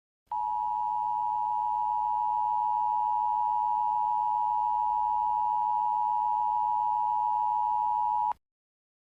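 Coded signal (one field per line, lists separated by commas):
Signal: Emergency Alert System (SAME) tones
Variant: 853 and 960 Hz attention tone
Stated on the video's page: A simulated nuclear attack EAS scenario, a fictional long-form mock.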